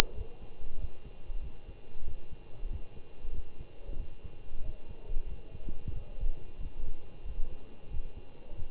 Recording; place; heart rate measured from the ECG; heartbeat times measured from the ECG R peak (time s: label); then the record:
heart sounds by stethoscope; between the tricuspid and mitral areas; 93 bpm
0.14 s: heartbeat
0.78 s: heartbeat
1.40 s: heartbeat
2.04 s: heartbeat
2.68 s: heartbeat
3.32 s: heartbeat
3.96 s: heartbeat
4.62 s: heartbeat
5.26 s: heartbeat
5.92 s: heartbeat
6.59 s: heartbeat
7.24 s: heartbeat
7.89 s: heartbeat
8.54 s: heartbeat
From the record:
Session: Bruce protocol treadmill stress test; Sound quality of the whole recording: good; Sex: male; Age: 25 years